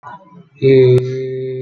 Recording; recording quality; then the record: sustained vowel as in made; moderate, slight background noise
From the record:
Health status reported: healthy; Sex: male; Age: 22 years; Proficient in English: yes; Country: India